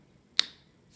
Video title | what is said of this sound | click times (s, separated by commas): Adding details on your Flowers | you know you want to make sure your marker shut and you know when you hear the snap | 0.4 s